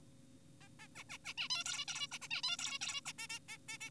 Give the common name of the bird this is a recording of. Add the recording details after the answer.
Zebra Finch. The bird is an adult. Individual g4p5U